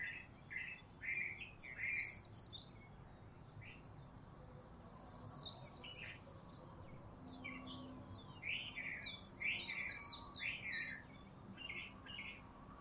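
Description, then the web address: Bird song: bursts of bright chirps and short warbled phrases in clusters separated by brief pauses. Honolulu, morning; close-up. "Lynne Music 2 Honolulu-Morning-Bird-Close-Up-Long"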